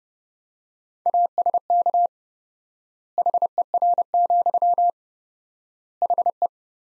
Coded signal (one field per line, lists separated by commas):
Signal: Morse code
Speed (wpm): 30 wpm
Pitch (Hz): 700 Hz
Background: none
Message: ASK HER, HE